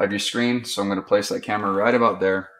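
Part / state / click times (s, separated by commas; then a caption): camera into the U-hook mount at the top of the monitor / not seated / none. A small camera on a flex tube is being positioned at the upper third of a monitor screen, ready to go into the U-shaped hook mount at the top, while someone talks throughout. Nothing has seated or clicked yet; the clip ends just before the camera goes home in the hook.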